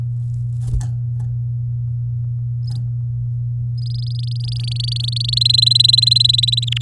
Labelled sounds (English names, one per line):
Domestic Canary song